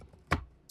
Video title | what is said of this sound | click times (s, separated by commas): $300 60V Leaf Blower vs $30 20V Ironfist Dewalt Rice Blower | You just kind of do it where it locks in. | 0.3 s